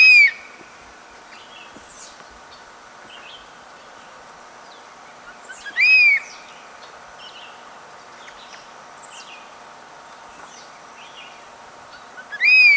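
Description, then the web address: Black hawk-eagle giving loud whistled calls about every six seconds, with faint calls of other birds in the background. "xeno-canto aigle tyran"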